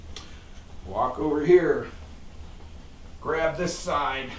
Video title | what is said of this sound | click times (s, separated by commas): 2017 02 18 Hogwarts Express Board Video 4104 | flip down the other leg lock it in place | 0.2 s